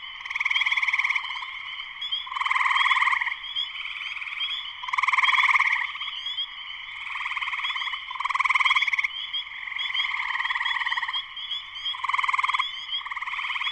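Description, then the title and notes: Spring peeper chorus of continuous high peeping, with loud rattling trills surging at intervals. Spring peepers in full chorus shortly after sunset, Sleeping Bear Dunes National Lakeshore, northern Michigan, USA. "Spring peepers (chorus frogs) in concert. Spring peepers (chorus frogs) in full chorus shortly after sunset in the Sleeping Bear Dunes National Lakeshore in northern Michigan, USA. Recorded by Darrin Wassom. Part of the Music for Sleep project"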